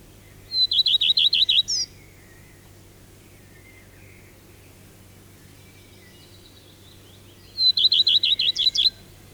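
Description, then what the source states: Common Redstart song, two short phrases several seconds apart, each a thin introductory note followed by a quick run of repeated clear, high notes over a quiet background. Faint, clear song heard on an evening trip to a pine heath in Finland; also lives in farmyards and parks, now rare in southernmost Finland.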